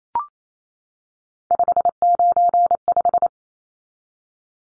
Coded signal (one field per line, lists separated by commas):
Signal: Morse code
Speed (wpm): 28 wpm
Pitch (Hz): 700 Hz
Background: none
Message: 595